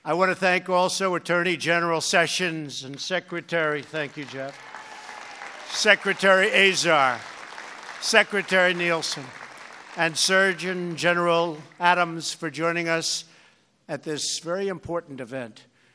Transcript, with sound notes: I want to thank also Attorney General Sessions, and Secretary—thank you, Jeff.— (applause) Secretary Azar, Secretary Nielsen, and Surgeon General Adams for joining us at this very important event.